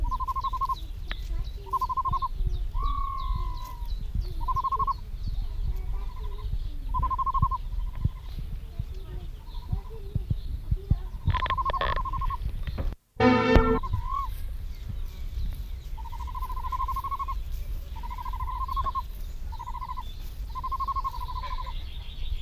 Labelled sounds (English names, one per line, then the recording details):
Great Bustard call
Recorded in captivity
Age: juvenile
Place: Serrahn, Mecklenburg-Vorpommern, DE
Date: 1970-06-26
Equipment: Nagra III BH, Sennheiser MD 421
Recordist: Schubert, Michael
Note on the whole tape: Großtrappe, 2-3-wöchige Junge, handaufgezogen: Triller-Ruf "rri" und sonorer Langruf (deutlich zwei-stimmig. Am Schluß tiefer, gutturaler Triller. MD 421